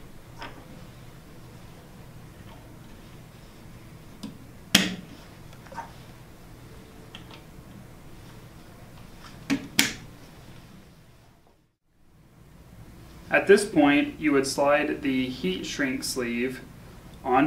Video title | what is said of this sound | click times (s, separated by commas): Installing Compression Lug Kits on PowerPact B-Frame Breakers - Schneider Electric Support | will put this notch into the grooves in the back of the breaker and then press down until it clicks into place | 4.8 s, 9.8 s